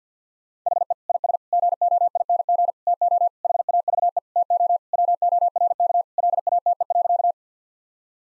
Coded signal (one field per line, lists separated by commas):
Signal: Morse code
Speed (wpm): 50 wpm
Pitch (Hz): 700 Hz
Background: none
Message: HE IS GOING TO HAVE TO WORK LATE.